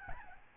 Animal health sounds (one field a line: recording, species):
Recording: mosquito wingbeat signal from an infrared sensor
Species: Aedes albopictus